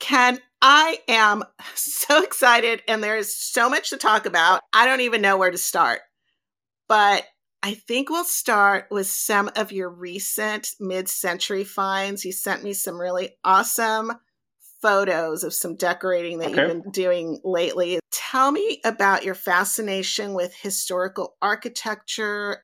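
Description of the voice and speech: An adult woman speaks fluently and warmly in a small room as the host opening an "In the Company of Friends" talk. Her mid-pitched voice is clear and lively, with a few natural pauses. Ordinary conversational speech, with no voice or articulation problems heard.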